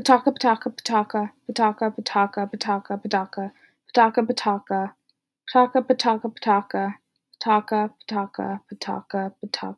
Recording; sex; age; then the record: repeated syllables /pa ta ka/; female; 20 to 29 years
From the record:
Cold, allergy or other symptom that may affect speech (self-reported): no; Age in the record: 20 years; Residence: California, United States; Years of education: 14